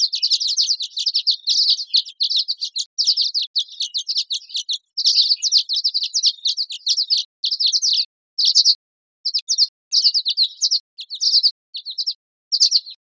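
Violet-green swallow calls: rapid, high, buzzy chips run together in long twittering strings, briefly pausing and then resuming in short bursts near the end.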